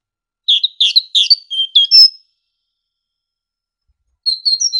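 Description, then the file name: Great tit song: a quick run of varied high whistled notes, a pause, then a short phrase alternating two pitches. Training ('masteran') recording for songbirds. "suara masteran great tit"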